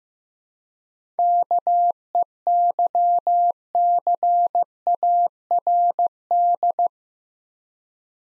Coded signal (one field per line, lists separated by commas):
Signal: Morse code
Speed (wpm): 15 wpm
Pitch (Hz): 700 Hz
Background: none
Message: KEYCARD